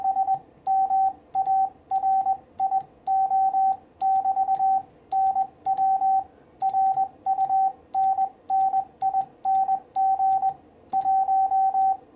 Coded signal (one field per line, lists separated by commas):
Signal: Morse code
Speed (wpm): 20 wpm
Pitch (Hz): 770 Hz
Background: radio noise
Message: SMARIO<BT>NW RUNNING 1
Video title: 6' High 40m EFHW Real World SHTF Antenna - 2nd Contact Attempt